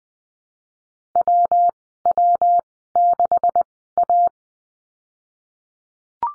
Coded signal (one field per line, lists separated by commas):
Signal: Morse code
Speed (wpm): 20 wpm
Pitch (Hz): 700 Hz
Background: none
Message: W W 6 A